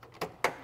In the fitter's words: there we go and snaps in place okay so now